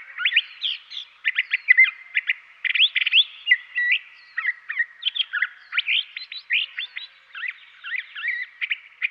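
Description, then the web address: Curve-billed thrasher singing a rapid, continuous jumble of sweet whistles and harsher notes, phrases tumbling one after another with barely a pause. "Dan Gibson Wildlife Identification By Sound, Western North America. Curve-Billed Thrasher"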